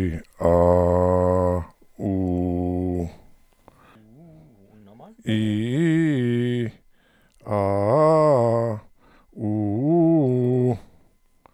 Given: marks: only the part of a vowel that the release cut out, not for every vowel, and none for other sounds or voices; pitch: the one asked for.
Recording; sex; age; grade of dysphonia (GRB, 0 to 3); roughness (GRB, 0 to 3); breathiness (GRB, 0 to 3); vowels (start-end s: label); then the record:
sustained vowels; male; 60 to 69 years; 0; 0; 0
0.50-1.51 s: vowel /a/, low pitch
2.08-2.96 s: vowel /u/, low pitch
5.34-6.58 s: vowel /i/, low-high-low pitch
7.58-8.65 s: vowel /a/, low-high-low pitch
9.47-10.66 s: vowel /u/, low-high-low pitch
From the record:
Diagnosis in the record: contact pachydermia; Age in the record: 64 years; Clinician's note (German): Kontaktpachydermie